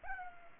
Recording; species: mosquito wingbeat signal from an infrared sensor; Culex pipiens